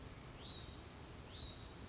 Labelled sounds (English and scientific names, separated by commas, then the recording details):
Hutton's Vireo (Vireo huttoni)
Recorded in Sonoma County, California